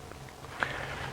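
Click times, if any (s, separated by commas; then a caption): 0.6 s. An enclosed plastic peg hook is flexed and pushed into a pegboard hole. After a couple of faint taps, it pops into place with a sharp click at 0.6 s. It seats the same way as the previous peg.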